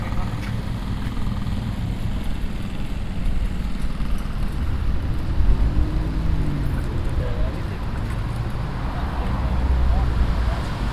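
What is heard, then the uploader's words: A busy city street hums with steady low traffic rumble, passing vehicles and faint voices, swelling slightly around six and ten seconds. Amsterdam Street Sounds. Busy Amsterdam streets. Cyclists, trams, boats and cars.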